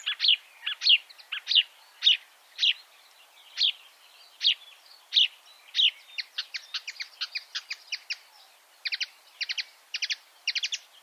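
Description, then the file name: Marsh warbler song of sharp chipping notes, at first spaced out, then quicker clipped phrases and short rapid bursts of rattling notes. Chirping song. "suara kicauan burung marsh warbler. omkicau"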